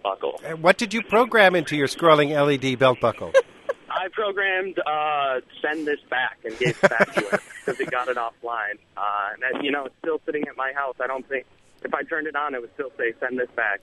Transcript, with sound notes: And what did you program into your scrolling LED belt buckle?
I programmed: send this back�
(Soundbite of laughter)
�and gave it back to him, because he had gotten it online. And as you know, it's still sitting at my house. I don't think - if I turned it on, it would still say: send this back.